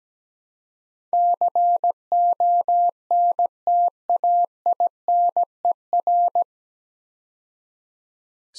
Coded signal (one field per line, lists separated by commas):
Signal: Morse code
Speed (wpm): 17 wpm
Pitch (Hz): 700 Hz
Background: none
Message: CONTAINER